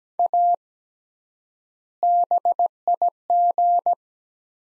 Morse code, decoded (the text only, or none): A BIG